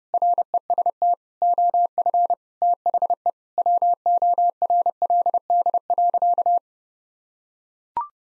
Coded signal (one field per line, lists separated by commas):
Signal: Morse code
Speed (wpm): 32 wpm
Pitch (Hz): 700 Hz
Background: none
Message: REST OF THE WORLD.